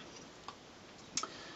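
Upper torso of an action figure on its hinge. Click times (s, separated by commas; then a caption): 0.5 s, 1.2 s. The plastic upper torso of a Transformers Henkei Megatron transforming robot action figure is rotated 180 degrees and swung over on its hinge. A small click sounds at 0.5 s, then a sharper, louder click at 1.2 s with a faint follow-up tick just after, over a steady low hiss. The torso clicks into place, seated.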